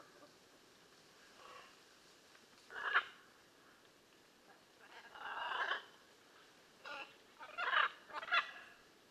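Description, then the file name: Blue-and-yellow macaw giving scattered harsh, raspy squawks of varying length, with quiet gaps between them and a faint background hiss. "Blue and yellow Macaw Ara ararauna"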